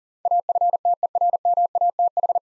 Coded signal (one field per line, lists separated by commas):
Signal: Morse code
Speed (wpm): 38 wpm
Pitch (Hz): 700 Hz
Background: none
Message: AFTERMATH